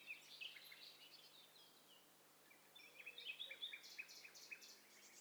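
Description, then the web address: Birds calling together: overlapping high chirps and short trills, a burst near the start, a pause, then a busier run of sharp notes in the last two seconds, over soft background hiss. Several birds calling at once; stereo recording. "Hi Fi STEREO BIRD COCKTAIL PARTY Challenge"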